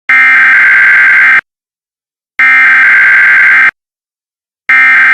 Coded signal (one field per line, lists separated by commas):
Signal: Emergency Alert System (SAME) tones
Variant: header bursts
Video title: eas tornado warning